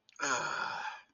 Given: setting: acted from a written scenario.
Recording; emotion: vocal sound without words; disappointment